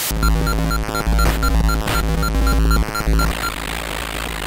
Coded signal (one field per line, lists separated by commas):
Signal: none